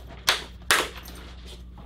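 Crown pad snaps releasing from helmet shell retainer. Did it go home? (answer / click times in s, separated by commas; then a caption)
released / 0.3 s, 0.7 s, 1.1 s. Fingers slip between the foam liner and the plastic retainer of an HJC CL-17 motorcycle helmet to pop the crown pad's three fabric-liner snaps loose from the shell. Two sharp, bright snaps ring out at 0.3 s and 0.7 s, followed by a much softer click at 1.1 s over a low steady hum. The three snaps release and the crown pad comes free.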